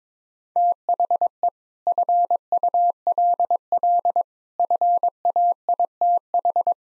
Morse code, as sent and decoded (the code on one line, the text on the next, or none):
- .... . / ..-. ..- .-.. .-.. / ..-. .- .. - ....
THE FULL FAITH